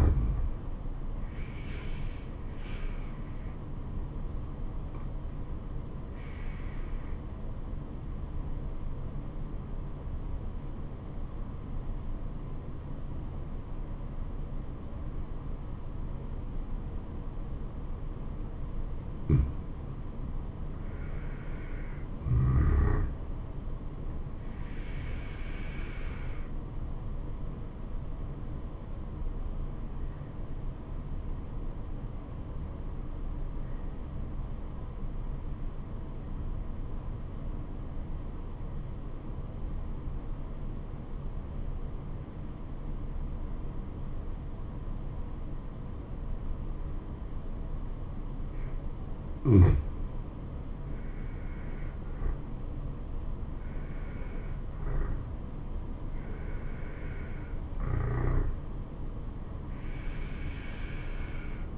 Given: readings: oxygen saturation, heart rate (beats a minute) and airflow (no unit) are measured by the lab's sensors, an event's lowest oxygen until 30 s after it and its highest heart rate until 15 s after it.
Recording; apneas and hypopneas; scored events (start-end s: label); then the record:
breathing in sleep by a smartphone at the bedside; 2
4.00-21.60 s: obstructive apnea (N2, oxygen 96% highest, then 93% lowest, heart rate 71 at the start, 79 highest)
29.00-52.20 s: obstructive apnea (N2, oxygen 95% highest, then 87% lowest, heart rate 71 at the start, 79 highest)
From the record:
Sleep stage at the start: N2 (light sleep); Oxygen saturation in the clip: 87 to 96%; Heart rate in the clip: 66 to 79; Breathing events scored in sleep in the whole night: 426 in 7.4 hours asleep